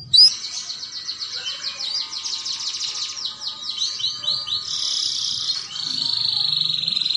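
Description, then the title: Canary song: a loud opening chirp, then a long buzzy trill of rapid repeated notes, moving into sweeping phrases and a steady high whistle. Belgian canary song used to warm up canaries for mating. "Canto Para Esquentar Canário Belga. Pancingan Suara Kenari Kawin"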